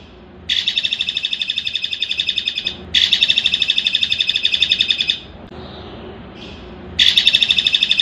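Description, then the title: Streaked spiderhunter song: rapid, steady, high-pitched chattering phrases about two seconds long, repeated after brief pauses, with a soft note in one gap. Long, clear song from a bird in full voice, used as a master recording for training birds. "Pijantung Gunung Gacor Jernih Panjang"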